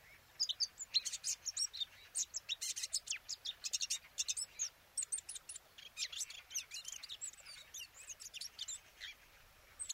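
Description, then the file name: Eurasian blackcap giving a long, nearly continuous run of quick chattering and whistled notes, several each second. "Sylvia atricapilla"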